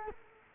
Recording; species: mosquito wingbeat signal from an infrared sensor; Culex quinquefasciatus